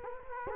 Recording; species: mosquito wingbeat signal from an infrared sensor; Culex quinquefasciatus